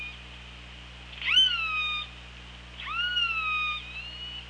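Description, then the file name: Killer whale pulsed calls, two loud rising-then-falling harmonic calls about 1.5 seconds apart, over low steady hum. Recorded by OrcaLab hydrophone on 24 August 2017 at 15:39. "Orca Lab 20170824 153922 ORCALAB"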